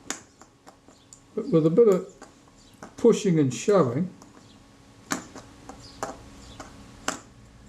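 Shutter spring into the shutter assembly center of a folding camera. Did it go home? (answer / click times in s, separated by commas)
yes / 7.1 s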